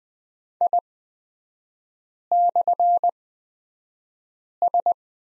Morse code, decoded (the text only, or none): I/S